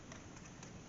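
A sticky electrical connector is pulled off an ignition component in the engine bay of a 3.6-liter V6 Cadillac CTS during a spark plug change for a misfire on cylinder number one. After a stuck first try, it is pulled until its latch gives, with small clicks at 0.1 s and 0.6 s over a steady low background. The connector comes loose and is released.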